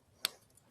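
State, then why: Seated. A refill cartridge is pushed back into an adhesive tape runner, lined up on its two holes. A single sharp click rings out at 0.2 s as the cartridge snaps into place, followed by a couple of faint ticks. The cartridge is seated.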